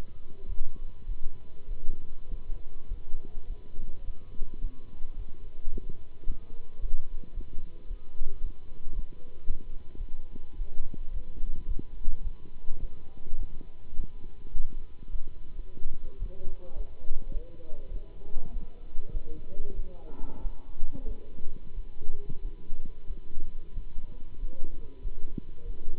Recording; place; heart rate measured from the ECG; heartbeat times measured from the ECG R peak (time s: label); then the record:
heart sounds by stethoscope; between the tricuspid and mitral areas; 102 bpm
0.46 s: heartbeat
1.05 s: heartbeat
1.67 s: heartbeat
2.28 s: heartbeat
2.87 s: heartbeat
3.46 s: heartbeat
4.04 s: heartbeat
4.60 s: heartbeat
5.16 s: heartbeat
5.71 s: heartbeat
6.25 s: heartbeat
6.79 s: heartbeat
7.33 s: heartbeat
7.87 s: heartbeat
8.40 s: heartbeat
8.93 s: heartbeat
9.46 s: heartbeat
9.96 s: heartbeat
10.55 s: heartbeat
11.11 s: heartbeat
11.66 s: heartbeat
12.21 s: heartbeat
12.79 s: heartbeat
13.37 s: heartbeat
13.95 s: heartbeat
14.53 s: heartbeat
15.10 s: heartbeat
15.54 s: heartbeat
16.18 s: heartbeat
16.74 s: heartbeat
17.31 s: heartbeat
17.90 s: heartbeat
18.50 s: heartbeat
19.11 s: heartbeat
19.74 s: heartbeat
20.41 s: heartbeat
21.05 s: heartbeat
21.73 s: heartbeat
22.41 s: heartbeat
23.06 s: heartbeat
23.72 s: heartbeat
24.38 s: heartbeat
25.01 s: heartbeat
25.64 s: heartbeat
From the record:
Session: Bruce protocol treadmill stress test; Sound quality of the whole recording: good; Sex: male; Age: 26 years